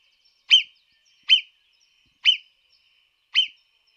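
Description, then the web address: Marmot: four shrill, clipped whistles from a marmot, evenly spaced about one second apart against silence. "audio-versi-animali Marmotta da xenocanto"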